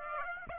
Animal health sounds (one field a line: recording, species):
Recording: mosquito wingbeat signal from an infrared sensor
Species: Aedes aegypti